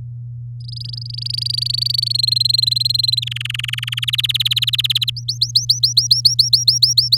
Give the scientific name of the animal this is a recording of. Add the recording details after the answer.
Serinus canaria. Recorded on 8 May 2018 at 08:45. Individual llb16